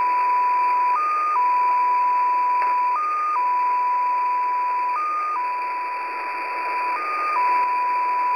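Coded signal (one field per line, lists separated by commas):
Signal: numbers station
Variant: XPA2 data mode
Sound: steady tone hopping briefly higher every two seconds, four hops, over hiss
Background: radio static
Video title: XPA2 Data Mode 08/07/2023 0910 UTC 13445kHz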